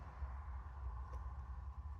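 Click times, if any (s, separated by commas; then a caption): none. The plastic filter panel of an indoor AC unit is lined up by its clear plastic tabs and pushed upward toward the ceiling into the unit's housing. Only a steady low hum with faint handling noise is heard. Nothing has seated or clicked yet.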